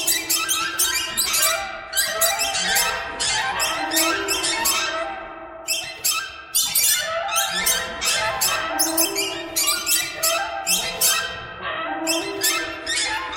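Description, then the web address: Birds chattering constantly, shrill squeaky notes crowded together in repeated surges, over a low layer of sustained tonal calls. "soundfactory birds"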